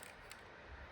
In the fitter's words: You hear that click? That means it's secure.